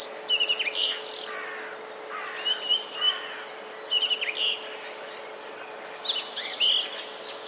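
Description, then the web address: Common starling song in bursts: high squeaky whistles and short chirps separated by quieter gaps, with a faint steady hum underneath. Mimicry of sparrow sounds; recorded 16 March 2024. "wroblowe zapozyczenia szpaki 16 03 2024"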